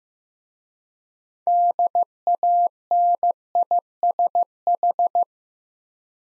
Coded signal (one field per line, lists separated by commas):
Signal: Morse code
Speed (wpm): 15 wpm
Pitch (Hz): 700 Hz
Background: none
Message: DANISH